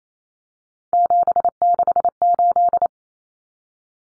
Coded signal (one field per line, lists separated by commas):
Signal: Morse code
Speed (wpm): 28 wpm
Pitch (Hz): 700 Hz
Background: none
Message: 768